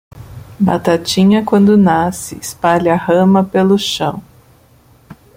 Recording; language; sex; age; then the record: short text; Brazilian Portuguese; male; 50 to 59 years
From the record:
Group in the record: control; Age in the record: 56 years